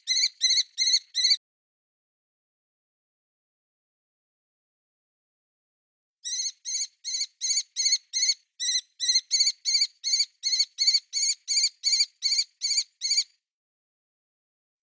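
Kestrel giving rapid, shrill kee-kee chirps: a short burst, several seconds of silence, then a long, even series of about three notes per second.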